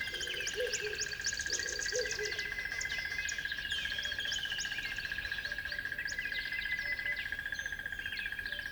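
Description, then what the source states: Birds singing in a lively chorus of quick chirps and whistled phrases, with low warbling notes early on and a steady pulsing drone. At dawn on a river bed.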